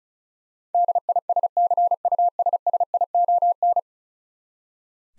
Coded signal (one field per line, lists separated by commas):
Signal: Morse code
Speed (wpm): 36 wpm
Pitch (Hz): 700 Hz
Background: none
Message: DISCUSSION